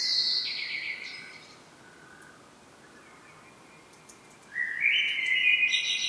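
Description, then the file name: Common blackbird song. A phrase ends with a descending twitter, then quiet follows. After a pause a new low fluty warble begins and climbs into a higher note. "Turdus merula"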